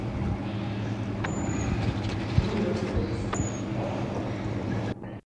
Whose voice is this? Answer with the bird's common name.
Black-crested Finch